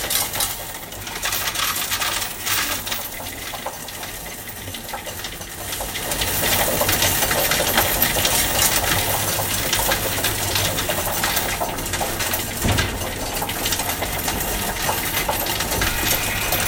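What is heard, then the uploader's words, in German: A coin-counting machine rattles with a dense, continuous metallic clatter of coins, growing louder and busier after about six seconds. Eine Maschine die Münzen zählt. Ich war in einer Bank und habe das Geld aus meinem Spar-Bierhumpen einer Münzzählmaschine anvertraut.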